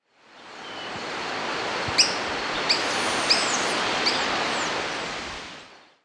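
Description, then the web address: Montane Foliage-gleaner calling four sharp, high clipped notes at fairly even intervals, with faint thin descending whistles and strong background hiss. Recorded in Ecuador. "Birds of Ecuador. Montane Foliage-Gleaner"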